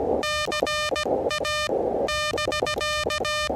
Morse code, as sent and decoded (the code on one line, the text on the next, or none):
-.-. .- -...-.-
CA<BK>